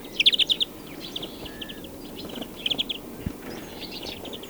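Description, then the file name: European greenfinch calls: two bright rapid chattering trills, one at the start and one mid-way, with softer notes between and after. "Chloris chloris"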